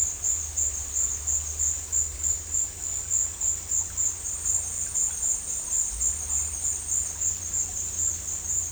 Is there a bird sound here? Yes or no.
no